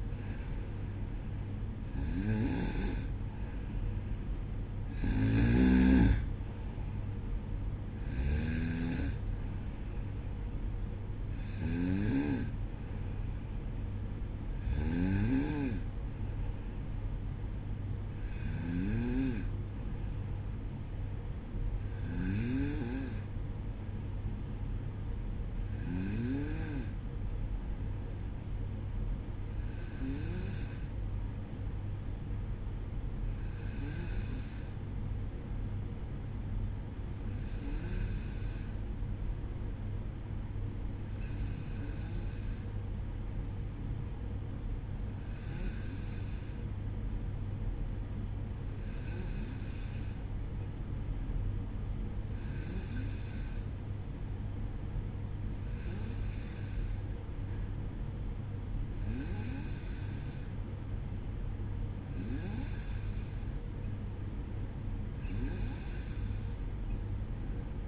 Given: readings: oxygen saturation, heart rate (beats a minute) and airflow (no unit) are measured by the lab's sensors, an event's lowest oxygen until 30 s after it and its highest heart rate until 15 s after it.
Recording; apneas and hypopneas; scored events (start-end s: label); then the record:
breathing in sleep by a smartphone at the bedside; 1
9.00-39.00 s: new sleep stage, N1 (lightest sleep)
31.00-61.90 s: hypopnea (N1, oxygen 95% highest, then 92% lowest, heart rate 59 at the start, 61 highest)
39.00-67.88 s: new sleep stage, N2 (light sleep)
From the record:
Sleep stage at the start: N2 (light sleep); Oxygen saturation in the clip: 92 to 95%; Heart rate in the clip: 58 to 64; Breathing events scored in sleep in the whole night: 305 in 9.6 hours asleep